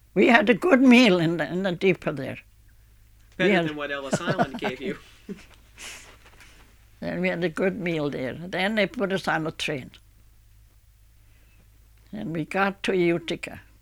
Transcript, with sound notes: We had a good meal in the, in the depot there. Yeah.
Better than what Ellis Island gave you. (she laughs)
We had a good meal there. Then they put us on the train. And we got to Utica